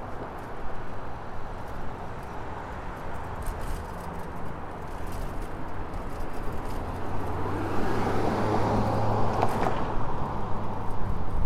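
A bike ride recorded in stereo, with a steady low rumble of wind and tyres running throughout. A vehicle seems to pass from about seven seconds, the sound swelling and brightening toward ten seconds, while faint clicks and rattles come and go.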